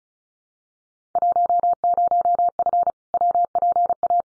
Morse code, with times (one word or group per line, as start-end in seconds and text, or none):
1.2-2.9 10F
3.1-4.2 WPA